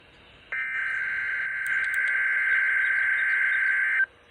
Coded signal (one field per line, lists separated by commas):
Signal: Emergency Alert System (SAME) tones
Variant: header bursts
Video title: TORNADO WATCH #187 || EAS 149